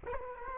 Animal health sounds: mosquito wingbeat signal from an infrared sensor; Culex quinquefasciatus

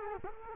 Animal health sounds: mosquito wingbeat signal from an infrared sensor; Culex quinquefasciatus

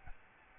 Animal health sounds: mosquito wingbeat signal from an infrared sensor; Aedes albopictus

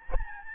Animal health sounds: mosquito wingbeat signal from an infrared sensor; Aedes albopictus

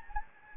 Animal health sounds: mosquito wingbeat signal from an infrared sensor; Anopheles gambiae

